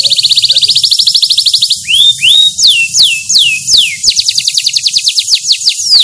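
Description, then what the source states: Canary song: rapid high trill, then a series of loud down-slurred whistles, finishing with another quick rattling trill. Canary described as gacor (singing often and vigorously).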